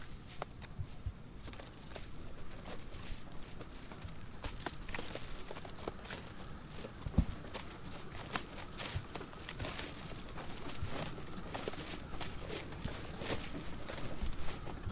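A hike through the Tambopata rainforest in Peru: dense crunching footsteps and rustling throughout, with one sharp knock near the middle.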